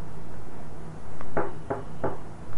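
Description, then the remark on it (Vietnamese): Three sharp knocks on a hotel room door in a quick, evenly spaced run, with a soft tap just before them, over a steady low background hum. “Nghe tiếng gõ cửa, Cao Minh Viễn ngoái đầu nhìn lại, nhưng hình như hắn không có gọi phục vụ.”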